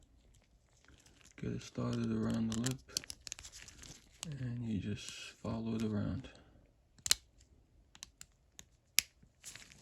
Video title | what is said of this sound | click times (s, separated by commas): Dayton (Thorsen) 4X356 Vintage Ratchet TOTAL TEARDOWN 3/8” Drive | hear the click make sure it's secure | 9.0 s